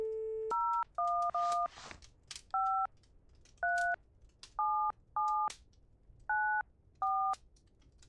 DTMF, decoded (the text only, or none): 011537794